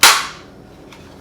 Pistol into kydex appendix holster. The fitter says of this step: it I mean you hear that click it